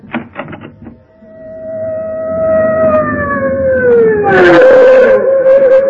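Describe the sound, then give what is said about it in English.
The siren of a fire engine stopping at a house on fire swells up after a few brief knocks, its wailing tone sliding slowly downward, then a harsh blast cuts in before the siren settles into a loud, steady pitch. “A fire engine. I wonder why it's stopping here.”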